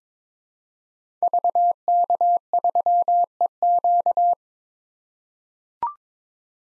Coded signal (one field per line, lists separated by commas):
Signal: Morse code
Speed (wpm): 22 wpm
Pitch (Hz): 700 Hz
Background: none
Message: VK3EQ